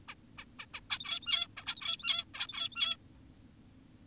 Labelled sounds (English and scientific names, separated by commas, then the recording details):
Zebra Finch (Taeniopygia guttata)
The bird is an adult
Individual g17y2U